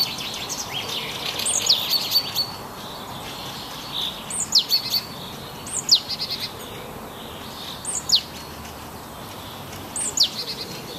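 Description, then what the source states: Birdsong with sharp, high descending whistled sweeps repeated every couple of seconds, with softer twittering notes early on. Forest habitat.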